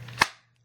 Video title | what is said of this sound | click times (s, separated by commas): Vintage rimfire collection - Mossberg 342ka bolt action .22lr | snaps into place good. It doesn't wiggle when it's in there. | 0.2 s